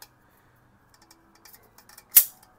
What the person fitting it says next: there's a click